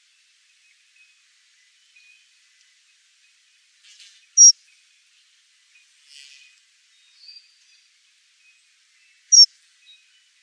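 Birds sing and call against an otherwise silent background. Two bright, piercing high notes stand out at about 4.5 and 9.4 seconds, with softer chirps and twitters scattered between them, notably around 4, 6 and 7 seconds.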